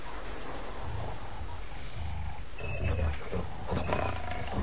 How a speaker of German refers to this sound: Was denn das? Klingt wie ein Löwe. Nee, das ist ist doch ein Schwein. Raus hier, Leute, raus, komm. Nee, wir müssen weg, ist ein Löwe. Zum Wasser. Ist ein Löwe, zurück zum Wasser.